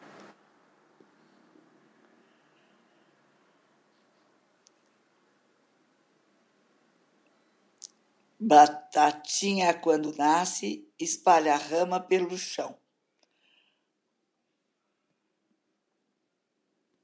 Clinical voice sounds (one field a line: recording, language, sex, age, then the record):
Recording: short text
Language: Brazilian Portuguese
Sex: female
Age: 70 to 79 years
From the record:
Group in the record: control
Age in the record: 73 years